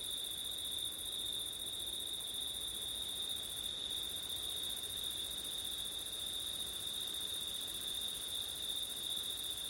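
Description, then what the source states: Continuous cricket song, a sustained high trill joined by a faster pulsing higher chorus, unchanging for the whole stretch. Recorded on a windy September night.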